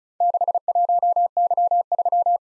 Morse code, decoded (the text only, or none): 61Y3